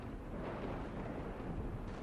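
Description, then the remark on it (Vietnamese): A deep, roaring thunder rumble fills the whole stretch, loud and steady with no sharp break, heavy in the low end and thinning toward the top. No one speaks. “Cùng lúc ấy, trên thinh không vang lên tiếng sét cùng với tiếng hét thất thanh của cả con sen lẫn bà bá.”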